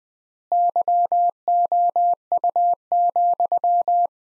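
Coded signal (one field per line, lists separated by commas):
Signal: Morse code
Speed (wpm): 20 wpm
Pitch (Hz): 700 Hz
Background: none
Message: YOU,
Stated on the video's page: Morse practice sentences at 20 wpm with 4x standard word spacing, a word-level analogue of Farnsworth spacing.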